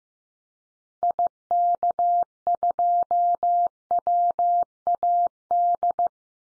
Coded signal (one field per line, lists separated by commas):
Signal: Morse code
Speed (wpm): 15 wpm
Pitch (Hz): 700 Hz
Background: none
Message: IK2WAD